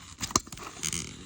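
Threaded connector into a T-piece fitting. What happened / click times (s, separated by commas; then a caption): The threaded fitting was driven past the end of its thread and overthreaded with a click / 0.4 s. A threaded connector with an O-ring is screwed all the way down into a T-piece fitting and past the bottom of the thread, giving a sharp click at 0.4 s among faint scraping ticks. The thread is overthreaded and stripped, which is completely wrong, and the connector can no longer be removed.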